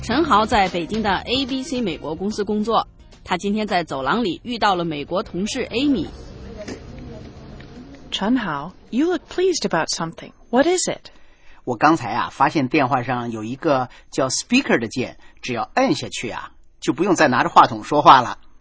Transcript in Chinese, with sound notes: 陈豪在北京的 ABC 美国公司工作。他今天在走廊里遇到了美国同事 Amy。
(Office ambience) Chen Hao, you look pleased about something. What is it?
我刚才发现电话上有个叫 speaker 的键，只要按下去，就不用再拿着话筒说话了。